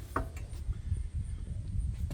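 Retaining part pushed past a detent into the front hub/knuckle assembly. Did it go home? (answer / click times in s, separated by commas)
yes / 0.2 s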